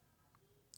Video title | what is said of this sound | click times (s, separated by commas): 2020 - 2024 FORD BRONCO _ ESCAPE USB - CHARGER PORT REPLACEMENT TUTORIAL - 2020 2021 2022 2023 2024 | get the other one in as well and then you just push this guy straight in and it should lock in place and that's how you do it | 0.7 s